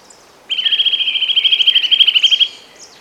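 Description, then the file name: Eurasian nuthatch giving a fast, even trill of many clear whistled notes over two seconds, steady in pitch, growing slightly louder toward the end. "Sitta europaea"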